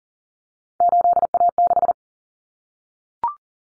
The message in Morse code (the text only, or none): 8A6